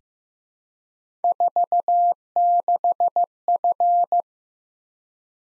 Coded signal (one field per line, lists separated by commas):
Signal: Morse code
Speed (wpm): 15 wpm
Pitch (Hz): 700 Hz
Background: none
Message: 46F